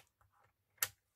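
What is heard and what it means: The cutting blade cartridge of a paper trimmer is put back in place and clipped onto its plastic rail. A few faint soft sounds come first, then a single sharp click at 0.8 s as the cartridge seats, after which it slides perfectly.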